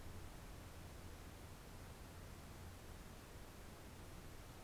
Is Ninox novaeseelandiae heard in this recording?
no